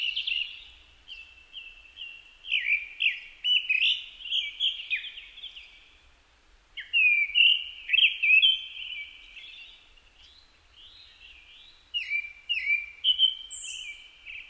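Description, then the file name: Japanese thrush song in bursts of varied whistled phrases separated by quieter pauses, with short clipped notes and a thin high whistle late on. Recorded 4 May 2010 at 18:30. "kurotugumi-20100504-1830"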